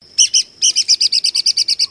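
Red-cockaded Woodpecker calls: a fast series of short, high chirps, two spaced notes then a quick chattering run of about a dozen.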